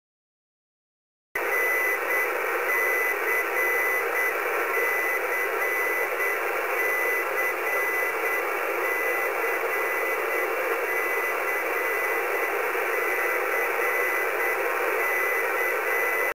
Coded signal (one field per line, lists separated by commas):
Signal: Morse code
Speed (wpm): 8 wpm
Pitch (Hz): 2000 Hz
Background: radio noise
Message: NCCCCCCK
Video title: Single Letter Beacon - "C" - 4556 khz